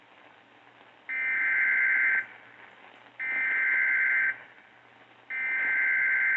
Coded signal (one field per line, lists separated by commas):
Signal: Emergency Alert System (SAME) tones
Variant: header bursts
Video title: Mother Nature Taking April Fools Too Seriously... | EAS #134-159 (Weather Alerts from 3/31-4/1/2023)